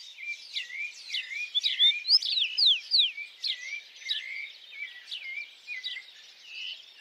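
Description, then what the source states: Birds singing together, looping whistled phrases and quick falling notes overlapping steadily, several singers heard at once. At dawn.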